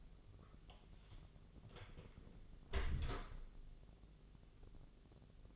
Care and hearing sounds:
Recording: daily activity, microphone in the room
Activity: close door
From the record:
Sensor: 4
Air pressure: 1001.2 hPa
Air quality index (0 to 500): 181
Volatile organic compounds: 2 ppm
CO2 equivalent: 1294 ppm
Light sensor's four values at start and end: 15/34/14/14 and 16/39/16/16

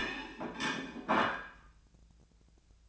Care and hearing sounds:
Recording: daily activity, microphone in the room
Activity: place plate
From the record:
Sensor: 2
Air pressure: 1009.2 hPa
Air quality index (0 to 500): 187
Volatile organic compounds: 11 ppm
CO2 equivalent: 2323 ppm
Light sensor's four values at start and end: 23/57/24/27 and 23/57/24/27

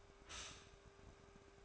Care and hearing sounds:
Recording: daily activity, microphone in the room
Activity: stop toaster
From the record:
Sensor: 2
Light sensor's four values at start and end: 4/10/4/4 and 4/10/4/4

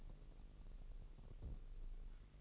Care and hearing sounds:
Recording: daily activity, microphone in the room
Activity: take from stove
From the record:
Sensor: 4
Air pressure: 1002.9 hPa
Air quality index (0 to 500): 245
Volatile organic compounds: 11 ppm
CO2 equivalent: 2295 ppm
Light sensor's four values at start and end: 8/17/7/7 and 8/17/7/7

